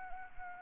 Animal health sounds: mosquito wingbeat signal from an infrared sensor; Anopheles arabiensis

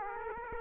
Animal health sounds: mosquito wingbeat signal from an infrared sensor; Aedes aegypti

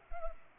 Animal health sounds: mosquito wingbeat signal from an infrared sensor; Culex pipiens

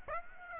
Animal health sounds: mosquito wingbeat signal from an infrared sensor; Aedes aegypti

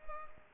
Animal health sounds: mosquito wingbeat signal from an infrared sensor; Culex pipiens

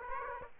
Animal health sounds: mosquito wingbeat signal from an infrared sensor; Aedes aegypti

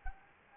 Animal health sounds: mosquito wingbeat signal from an infrared sensor; Anopheles gambiae

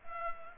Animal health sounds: mosquito wingbeat signal from an infrared sensor; Culex pipiens

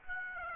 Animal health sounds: mosquito wingbeat signal from an infrared sensor; Aedes aegypti

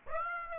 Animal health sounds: mosquito wingbeat signal from an infrared sensor; Aedes aegypti

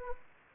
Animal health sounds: mosquito wingbeat signal from an infrared sensor; Anopheles gambiae

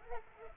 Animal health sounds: mosquito wingbeat signal from an infrared sensor; Culex pipiens

